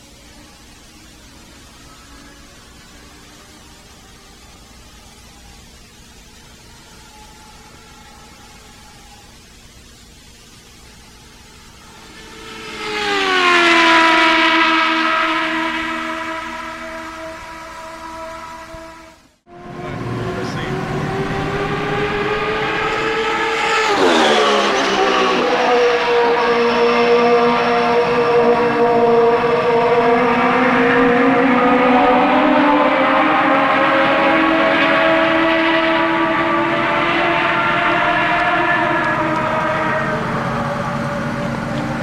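Turbocharged race cars lap an oval: one engine swells and falls around 13 seconds, then a brief gap before a louder, sustained howl.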